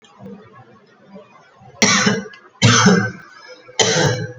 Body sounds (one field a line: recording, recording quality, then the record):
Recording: shallow voluntary cough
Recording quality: moderate, slight background noise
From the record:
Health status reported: COVID-19 positive, mild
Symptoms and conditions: cold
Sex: female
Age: 33 years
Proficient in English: no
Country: India